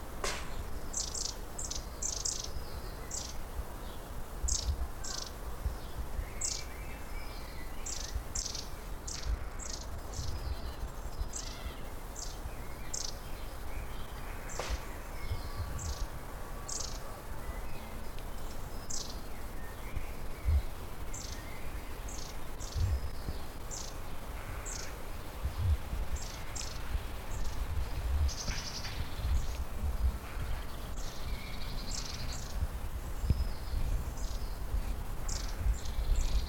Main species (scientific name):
Aegithalos caudatus